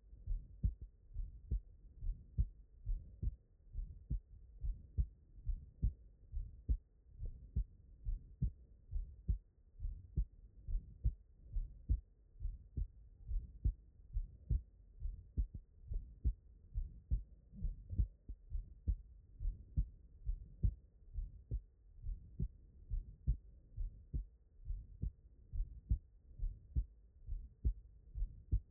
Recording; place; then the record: heart sounds by stethoscope; pulmonary valve (PV)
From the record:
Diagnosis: non-HFrEF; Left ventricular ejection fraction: 56%